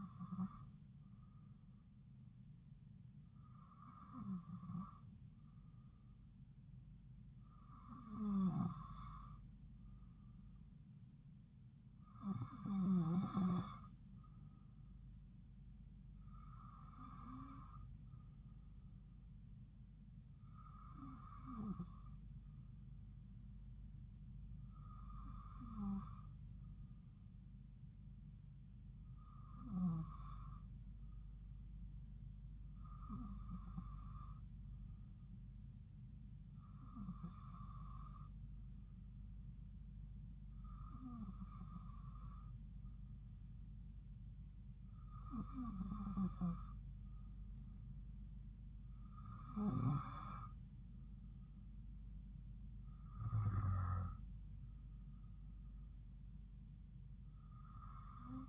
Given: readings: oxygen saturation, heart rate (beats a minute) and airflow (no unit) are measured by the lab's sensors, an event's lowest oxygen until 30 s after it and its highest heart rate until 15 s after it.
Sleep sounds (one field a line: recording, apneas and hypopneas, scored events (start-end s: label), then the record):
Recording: breathing in sleep by a smartphone at the bedside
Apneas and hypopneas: none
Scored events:
none scored
From the record:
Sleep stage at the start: N2 (light sleep)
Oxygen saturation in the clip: 93 to 94%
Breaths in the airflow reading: 14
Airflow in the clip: -3.1 to 3.5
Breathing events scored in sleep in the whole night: 270 in 6.1 hours asleep